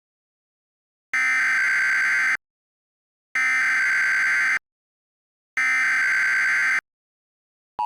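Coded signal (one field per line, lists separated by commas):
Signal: Emergency Alert System (SAME) tones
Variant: header bursts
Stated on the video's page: Recreation of a Tulsa tornado warning, a mock alert.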